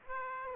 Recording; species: mosquito wingbeat signal from an infrared sensor; Aedes aegypti